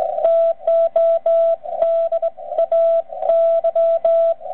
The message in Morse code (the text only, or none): TODAY